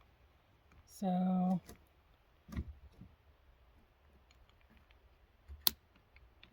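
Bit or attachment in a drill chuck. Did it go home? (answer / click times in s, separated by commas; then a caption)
yes / 5.7 s. Someone talks while tightening an attachment, likely a bit in a drill chuck, onto a new garden tool in preparation for planting bulbs. A few faint ticks are followed by a single loud, sharp click at 5.7 s, and the attachment seats tight.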